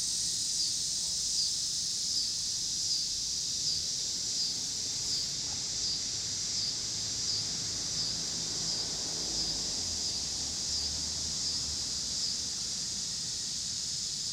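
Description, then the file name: Cicada chorus as a constant high buzz, with a low rumble of cars in the background. Cicadas in Pittsburgh, Pennsylvania, on 26 August 2023, with passing car noise. "cicadas and cars Pittsburgh PA"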